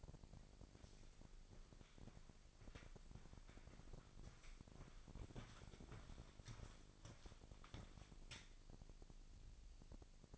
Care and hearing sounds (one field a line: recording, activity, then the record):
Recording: daily activity, microphone in the room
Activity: walk to room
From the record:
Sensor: 5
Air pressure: 999.5 hPa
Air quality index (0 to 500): 218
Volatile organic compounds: 19 ppm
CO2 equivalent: 2665 ppm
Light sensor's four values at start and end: 35/81/32/31 and 33/76/31/30